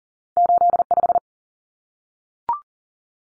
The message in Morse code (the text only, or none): 85